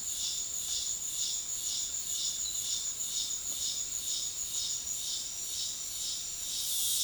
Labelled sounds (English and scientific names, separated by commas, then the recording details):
none
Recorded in dense forest near Puerto Asís, Putumayo, Colombia, on 19 February 2024 at 18:00
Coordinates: 0.502, -76.324
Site G6370